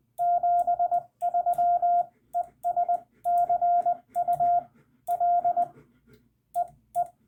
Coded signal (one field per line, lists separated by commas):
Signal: Morse code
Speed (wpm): 20 wpm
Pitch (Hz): 700 Hz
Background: radio noise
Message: 73 ES CUL EE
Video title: Final (?) CW Lesson: Using the Hyphen in Rag-Chew CW